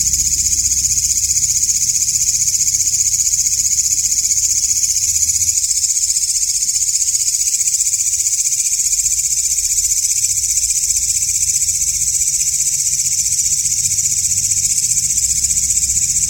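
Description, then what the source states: Katydid buzzing call, a steady high-pitched shrill pulsing rapidly throughout, with a faint low rumble underneath. Called walang ngapak in Indonesian.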